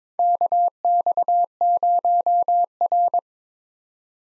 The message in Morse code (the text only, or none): KX0R